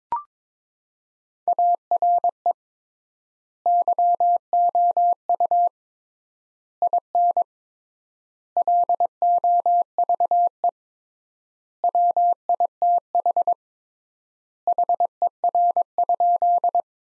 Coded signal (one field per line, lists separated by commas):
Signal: Morse code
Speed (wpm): 22 wpm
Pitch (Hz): 700 Hz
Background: none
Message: ARE YOU IN LOVE WITH HER?